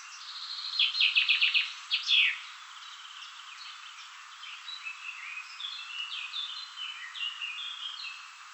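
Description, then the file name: Common chaffinch song: a loud, rattling phrase ending in a flourish at the start, followed by several seconds of softer, varied chirps and whistles. "Fringilla coelebs"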